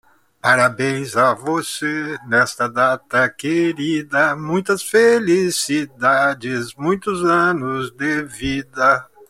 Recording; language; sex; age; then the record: short text; Brazilian Portuguese; male; 70 to 79 years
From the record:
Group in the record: control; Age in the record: 74 years